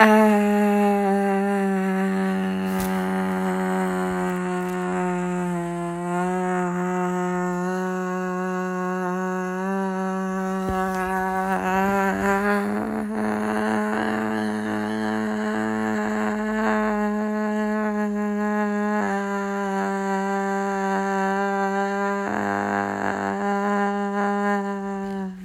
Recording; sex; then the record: sustained vowel /a/; female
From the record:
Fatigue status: no fatigue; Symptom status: asymptomatic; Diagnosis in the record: COVID-19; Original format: m4a